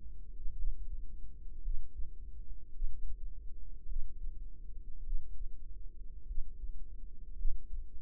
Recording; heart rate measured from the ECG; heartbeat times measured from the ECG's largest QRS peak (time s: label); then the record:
heart sounds by microphone in the right ear; 53 bpm
0.56 s: heartbeat
1.63 s: heartbeat
2.73 s: heartbeat
3.87 s: heartbeat
5.03 s: heartbeat
6.26 s: heartbeat
7.36 s: heartbeat
From the record:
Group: healthy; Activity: cold pressor test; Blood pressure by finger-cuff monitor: 106/61 mmHg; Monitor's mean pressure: 75 mmHg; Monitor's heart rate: 54 bpm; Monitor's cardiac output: 5.3 L/min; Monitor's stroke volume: 95 mL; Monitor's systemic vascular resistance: 1000 dyn s/cm5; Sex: female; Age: 28 years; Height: 170 cm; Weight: 77 kg